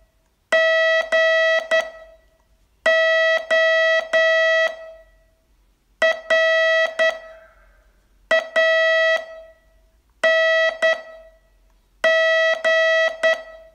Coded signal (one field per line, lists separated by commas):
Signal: Morse code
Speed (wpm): 10 wpm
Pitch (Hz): 650 Hz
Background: none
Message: G O R A N G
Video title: Learn Morse in 42 Days from VU2LAU - day 23